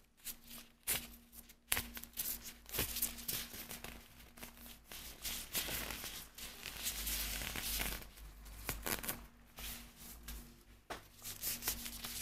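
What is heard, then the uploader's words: Vinyl gloves rustle and crinkle as hands move, with bright, dense scraping that swells and fades in irregular waves. Sharp snaps and clicks punctuate it, near 1, 1.7 and 11 seconds. A faint steady hum runs low underneath throughout. ASMR Vinyl Gloves Sounds + Hand Movements.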